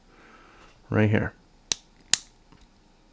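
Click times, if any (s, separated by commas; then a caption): 1.7 s, 2.1 s. An eMMC storage module is laid on its connector on a single-board computer and pressed firmly on both sides. Someone talks briefly, then two sharp, loud clicks ring out at 1.7 s and 2.1 s. Both sides snap in and the module is seated.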